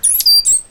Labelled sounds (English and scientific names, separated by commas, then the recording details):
Stitchbird (Notiomystis cincta) song
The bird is a male
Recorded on Tiritiri Matangi Island, New Zealand, in 2005
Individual 8, of nest box 10